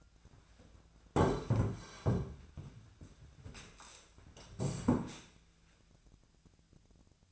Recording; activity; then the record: daily activity, microphone in the room; sit down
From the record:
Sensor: 2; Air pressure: 1008.0 hPa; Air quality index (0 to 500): 181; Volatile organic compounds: 10 ppm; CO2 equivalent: 2232 ppm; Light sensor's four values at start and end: 11/27/11/12 and 11/27/11/12